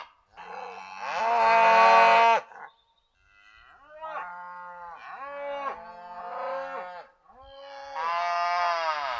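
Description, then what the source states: Cows mooing: a loud drawn-out moo, then several shorter, quieter moos in a row, and another long moo at the end. Family of brown Sussex cows calling to another family of cows in the next field; recorded by Roger Stamp, broadcast 6 June 2020.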